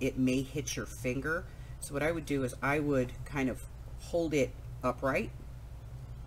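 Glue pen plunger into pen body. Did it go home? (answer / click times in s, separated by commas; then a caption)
no / none. A glue pen's plastic plunger is pulled back and pushed down into the pen body while the pen is held upright, as someone talks throughout. Nothing has seated or clicked into place yet.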